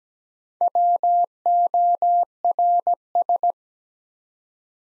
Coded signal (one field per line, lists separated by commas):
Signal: Morse code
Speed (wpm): 17 wpm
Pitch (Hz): 700 Hz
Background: none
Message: WORS